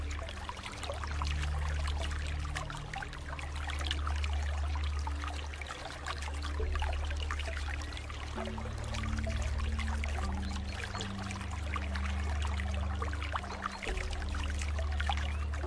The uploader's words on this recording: Relaxing Water flow sound with deep Relaxing Music __ Nature sounds.